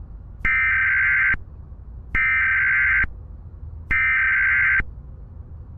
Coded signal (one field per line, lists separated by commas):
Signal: Emergency Alert System (SAME) tones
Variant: header bursts